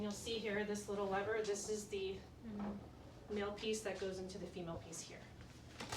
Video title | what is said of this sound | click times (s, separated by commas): Customized wheel chair trouble shoot and mechanics | Out to the side, click in place. | 5.8 s